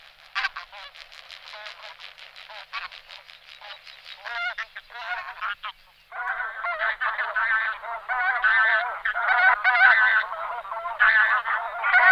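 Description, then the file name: Bean goose flock honking, a dense run of nasal, overlapping calls that grows louder and busier after six seconds. "Husa polni Anser fabalis"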